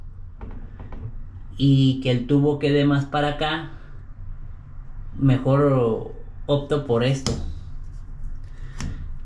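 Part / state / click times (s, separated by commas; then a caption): black drain pipe with elbow into washbasin drain / not seated / none. A black drain pipe with an elbow is being fitted into place under a 50-year-old washbasin drain, with a few faint knocks near the start and a single short hit at 8.8 s while someone talks. Nothing has seated or clicked yet; the pipe does not seat fully because the elbow hits the pipe.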